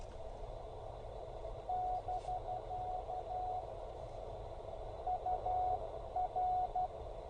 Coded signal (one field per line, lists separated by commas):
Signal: Morse code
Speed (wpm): 11 wpm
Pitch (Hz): 720 Hz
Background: none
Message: <BK> UR